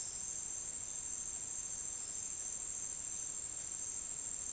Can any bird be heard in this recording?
no